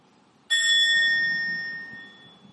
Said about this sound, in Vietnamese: là khi nghe tiếng chuông mình không có nói chuyện, mình không có suy nghĩ, mình theo dõi hơi thở, mình lắng dịu thân tâm, mình để thật tiếng chuông đưa mình trở về với trái tim của mình.